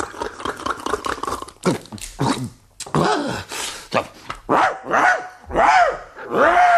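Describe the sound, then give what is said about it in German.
A person pretending to be a big dog after drinking schnapps imitates it, first with a quick run of rapid yapping barks, then a series of louder, drawn-out howling barks with rising and falling pitch. “Noch mal Schnaps und noch etwas lauterer bellen muss ich da.”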